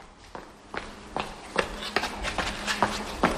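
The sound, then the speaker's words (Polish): Steady footfalls of slow jogging, roughly eight soft thuds at an even, quick rhythm over a faint background hiss, with no voices. “Nazywa się slow jogging, dreptanie, bo tak właściwie wygląda slow jogging.”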